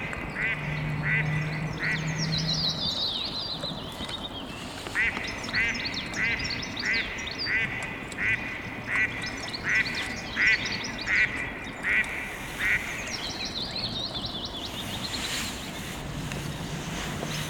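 At the Trou aux Gants pond in the Meudon forest, a duck quacks in a steady run of short calls, roughly two each second, through most of the clip. Higher bird chirps and twittering overlap above it, and a low hum comes and goes near the start and end.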